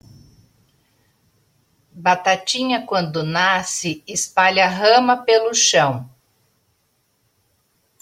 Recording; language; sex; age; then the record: short text; Brazilian Portuguese; female; 50 to 59 years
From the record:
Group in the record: control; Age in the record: 59 years